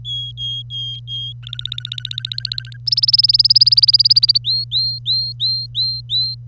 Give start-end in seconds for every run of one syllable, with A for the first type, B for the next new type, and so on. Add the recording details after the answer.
0.05-1.33 A, 1.43-2.77 B, 2.86-4.38 C, 4.44-6.35 D. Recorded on 25 April 2018 at 08:11. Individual llb3